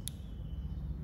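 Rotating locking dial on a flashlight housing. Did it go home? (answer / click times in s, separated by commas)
released / 0.1 s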